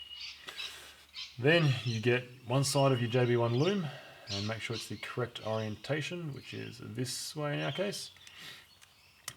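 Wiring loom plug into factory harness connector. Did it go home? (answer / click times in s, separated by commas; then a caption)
yes / 9.3 s. One side of a tuning-module wiring loom is plugged into the unplugged plastic MAP sensor harness connector on an MK7 Golf R while someone talks. A sharp click at 9.3 s shows the loom connector has seated in the sensor plug.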